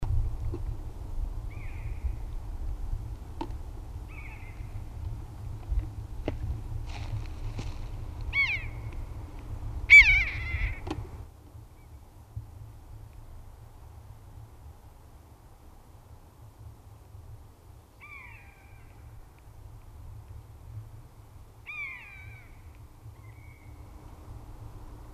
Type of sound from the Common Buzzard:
call